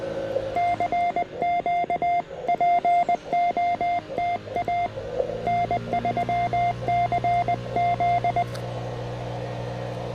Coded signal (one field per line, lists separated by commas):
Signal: Morse code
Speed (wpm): 20 wpm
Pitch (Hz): 700 Hz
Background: radio noise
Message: CQ POTA N3CZ